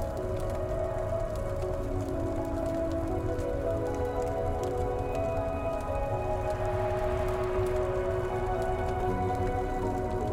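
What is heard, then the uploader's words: Soft, sustained music tones hold steady over a low rumble, while a fireplace crackles with frequent small pops throughout. Gentle MUSIC and Crackling FIREPLACE Sound. The soothing sound of crackling fireplace and the gentle music.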